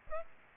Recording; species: mosquito wingbeat signal from an infrared sensor; Aedes aegypti